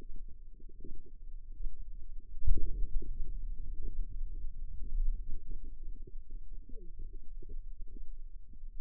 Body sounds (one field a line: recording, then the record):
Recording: forearm muscle sounds (acoustic myography)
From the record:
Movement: finger pinch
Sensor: system 2, bracelet of six BSWA MPA416 microphones around the upper forearm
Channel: 5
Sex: female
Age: 25 years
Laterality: right